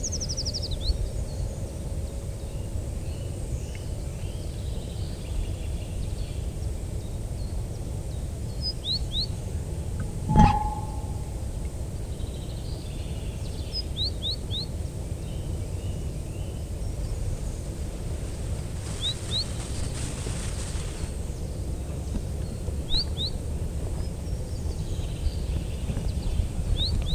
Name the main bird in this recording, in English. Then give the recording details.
Eurasian Treecreeper. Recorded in the wild. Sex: male. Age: adult. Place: Freiburg, Baden-Württemberg, DE. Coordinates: 48.0244, 7.80389. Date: 1960-03-25. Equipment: Maihak MMK 4, Sennheiser MD 82. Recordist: Thielcke, Gerhard. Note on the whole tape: Freiburg, Mooswald, Baumschule - Graben: Waldbaumläufer 4: Gesang